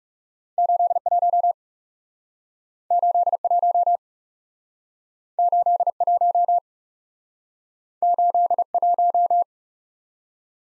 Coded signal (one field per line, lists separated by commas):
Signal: Morse code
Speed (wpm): 39 wpm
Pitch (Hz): 700 Hz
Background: none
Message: 81 81 81 81